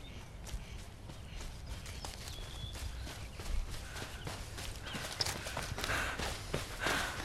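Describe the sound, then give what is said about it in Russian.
Rapid, steady footfalls thud and crunch as young men run through a forest, with faint bird chirps now and then above the continuous rustle. “Парни бегут через лес.”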